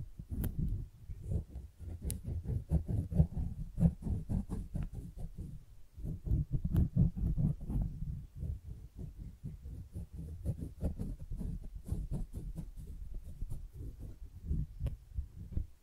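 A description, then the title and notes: Flowers are handled, with soft, muffled rustling and gentle tapping that comes in quick, uneven bursts throughout. The sound stays low and dull, with occasional faint crisp clicks, and eases slightly around six seconds before continuing. ASMR Most Beautiful Tingly Flower Sounds (No Talking).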